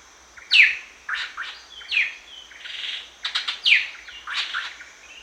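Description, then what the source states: Greater racket-tailed drongo calls: strong falling whistled notes mixed with short buzzy and nasal tones, several phrases in a few seconds, over faint high-pitched background hiss. Recorded at Danum on 1 January 2008.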